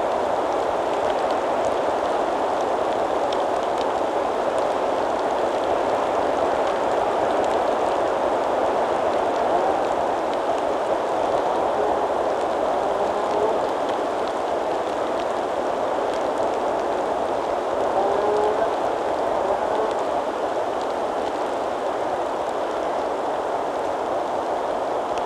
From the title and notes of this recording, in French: J'ai posé mes micros sur la crête du Kastelberg en direction du Kerbholtz. Les conditions météorologiques étaient très venteuses avec de la pluie. Le son de la Grande Fecht est aussi perceptible dans cet enregistrement.